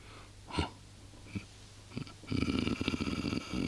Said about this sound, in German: Sie lehnt sich an die Tür. Atmet tief und lächelt schweigend.